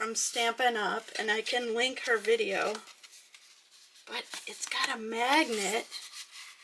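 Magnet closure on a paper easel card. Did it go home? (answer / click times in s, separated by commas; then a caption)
no / none. Someone talks while handling a handmade paper easel card fitted with a small magnet closure on its flap. Between the talking there are faint rubbing sounds of the paper being moved. The clip ends before the flap closes, so the magnet closure has not snapped shut yet.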